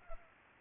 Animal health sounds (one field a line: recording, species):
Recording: mosquito wingbeat signal from an infrared sensor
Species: Culex pipiens